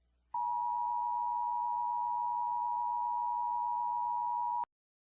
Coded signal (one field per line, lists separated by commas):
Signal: Emergency Alert System (SAME) tones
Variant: 853 and 960 Hz attention tone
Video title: Debunking Every American States EAS Alarms (Pt. 2)